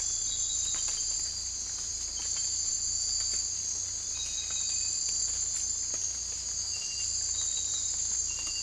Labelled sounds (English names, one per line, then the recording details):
none
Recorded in secondary vegetation near Puerto Asís, Putumayo, Colombia, on 18 December 2024 at 03:00
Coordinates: 0.481, -76.318
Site G042